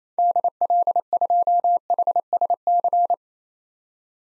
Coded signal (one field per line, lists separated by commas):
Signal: Morse code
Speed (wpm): 28 wpm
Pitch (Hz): 700 Hz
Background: none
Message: DL2HSC